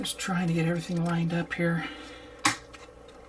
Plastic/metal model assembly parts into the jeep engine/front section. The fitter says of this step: There we go. Everything just kind of snaps in place there.